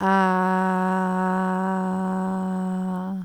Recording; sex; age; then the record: sustained vowel /a/; female; 30 to 39 years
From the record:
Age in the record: 34 years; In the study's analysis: included